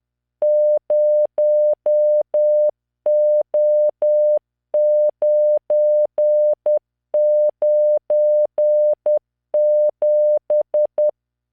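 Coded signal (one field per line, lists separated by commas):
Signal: Morse code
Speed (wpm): 10 wpm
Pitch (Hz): 600 Hz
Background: none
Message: 0O997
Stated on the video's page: Software-generated Morse practice, random five-character groups at 10 WPM, 600 Hz tone, standard spacing.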